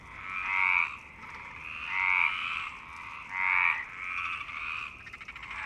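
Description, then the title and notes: Frog chorus of rattling, pulsed croaks rising in three loud bursts about every one and a half seconds, with softer trilling calls between. Several frogs in Parc Longchamp, Marseille, Provence-Alpes-Côte d'Azur, France; 26 March 2011 at 19:35; recorded with a MixPre-6 and Basic UCHO. "Marseille, Provence-Alpes-Côte d'Azur, France - 26_03_11_19_35 Longchamps_004 grenouilles. Grenouilles au parc de Longchamp"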